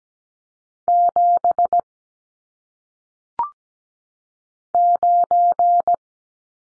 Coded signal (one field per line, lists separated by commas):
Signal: Morse code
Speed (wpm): 17 wpm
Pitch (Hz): 700 Hz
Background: none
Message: 7 9